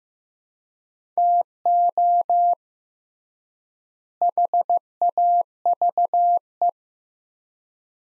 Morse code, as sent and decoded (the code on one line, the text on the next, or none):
- --- / .... .- ...- .
TO HAVE